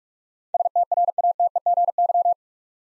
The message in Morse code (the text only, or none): STRATEGY